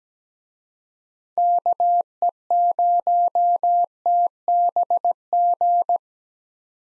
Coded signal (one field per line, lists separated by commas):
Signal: Morse code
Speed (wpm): 17 wpm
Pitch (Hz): 700 Hz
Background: none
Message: KE0TBG